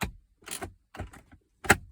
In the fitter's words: okay that's the click click and click okay